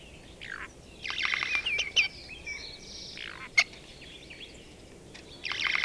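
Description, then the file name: Eurasian jay giving rough, buzzy rasps and slurred whistles, with a sharp click midway and another harsh burst at the end. "Garrulus glandarius"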